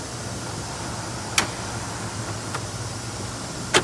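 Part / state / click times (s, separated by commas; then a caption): dash trim piece into the instrument panel / seated / 1.4 s. A dash trim piece on a 2000 minivan, worked on because its dash gauges don't work and it won't crank or start, is lined up and pressed into the instrument panel. A sharp snap at 1.4 s marks it seating in place, followed by fainter ticks near 2.6 s and a sharp tick at about 3.8 s over a steady low hum.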